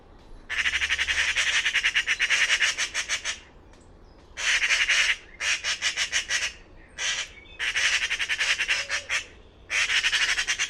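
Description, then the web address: Bird making rapid, rattling rasping calls in long pulsed runs broken by short pauses. "Bird Only More Classes Pi Pi Pi Pi"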